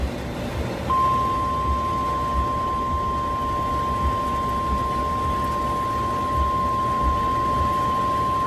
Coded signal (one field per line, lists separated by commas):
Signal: Emergency Alert System (SAME) tones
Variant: 853 and 960 Hz attention tone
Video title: GSP is going crazy: EAS alerts from 7/10/26